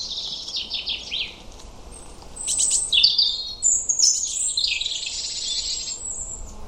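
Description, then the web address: European robin song, a run of thin, high, tinkling phrases with quick trills and sliding whistles, changing pitch from phrase to phrase, with faint background hiss. "Deverinetal 2025 File origin Bird Only Er Ru"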